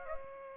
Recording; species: mosquito wingbeat signal from an infrared sensor; Aedes aegypti